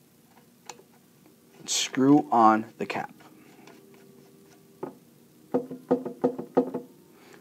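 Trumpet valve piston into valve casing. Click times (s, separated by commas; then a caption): 0.7 s. An oiled metal trumpet valve piston is pushed back into the first valve casing and turned clockwise until its valve guide clicks into its slot, with a short click at 0.7 s marking it seated in place. Someone talks, then a series of light metallic taps and clicks follows as the cap is screwed on.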